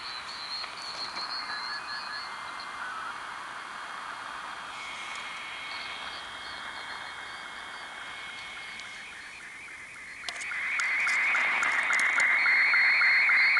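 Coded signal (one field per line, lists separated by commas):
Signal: SSTV (slow-scan television)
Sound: static hiss, then a warbling tone around 2 kHz with regular short low sync ticks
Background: radio static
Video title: DroidSSTV on Android, SSTV decoding on 14230 KHz (01)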